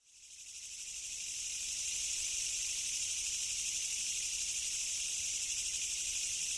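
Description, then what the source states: Japanese katydid calling, a loud continuous rasping buzz with fast regular pulsing, rising in volume over the first two seconds and then holding steady. Recorded 27 August 2008.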